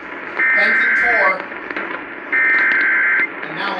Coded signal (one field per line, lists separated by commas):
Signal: Emergency Alert System (SAME) tones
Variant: header bursts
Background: speech